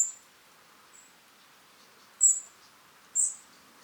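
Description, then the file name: European robin giving thin, very high, short notes, a few in under four seconds, two louder ones near the end, over a quiet hiss. "Erithacus rubecula"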